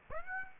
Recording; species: mosquito wingbeat signal from an infrared sensor; Aedes aegypti